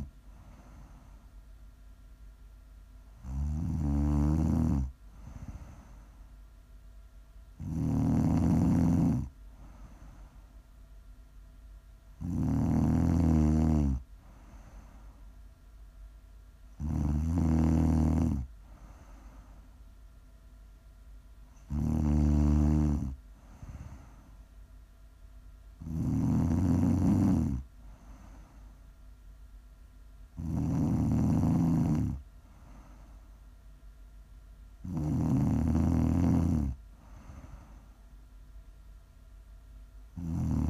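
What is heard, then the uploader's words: Loud snores come in a slow, steady rhythm, one roughly every four to five seconds, each a rough, rattling burst lasting a second or two. Between them are quiet stretches with a faint low hum and soft breathing. Please enjoy some prime ASMR snoring.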